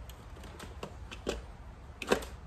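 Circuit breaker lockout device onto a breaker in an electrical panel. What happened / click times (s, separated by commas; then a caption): A plastic clip snaps into place on its mount / 2.0 s, 2.1 s. A plastic circuit breaker lockout device with small barbs is pushed onto a breaker in a Crouse Hinds electrical panel, with faint scraping and light ticks as it is worked into position. A sharp, loud snap lands at 2.0 s, followed by a second at 2.1 s, as the lockout device seats and locks onto the breaker.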